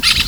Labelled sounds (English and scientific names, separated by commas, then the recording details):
Brown-throated Parakeet (Eupsittula pertinax) contact call
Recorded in Venezuela
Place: Guárico; Corozopando; Fundo La Fe
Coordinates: 8.506, -67.593